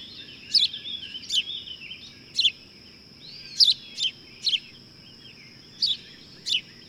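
Bird giving sharp, bright chirps at uneven intervals, about eight in seven seconds, with faint whistled slides between them over a steady high-pitched whine.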